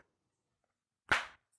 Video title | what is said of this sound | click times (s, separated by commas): Angela Brown's Top 10 Dusters (House Cleaning) | See, just snapped it in place, and it's great for wiping down cobwebs off of walls. | 1.1 s